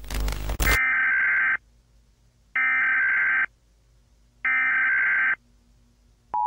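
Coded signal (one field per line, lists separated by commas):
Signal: Emergency Alert System (SAME) tones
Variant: header bursts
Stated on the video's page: Fictional EAS scenario based on an SCP Wiki story.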